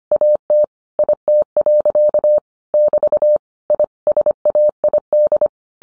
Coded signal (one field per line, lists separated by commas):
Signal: Morse code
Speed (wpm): 25 wpm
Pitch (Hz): 600 Hz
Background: none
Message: AT IT. <BT> I SAID